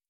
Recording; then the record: hydrophone in a shrimp aquaculture tank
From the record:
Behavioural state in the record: starved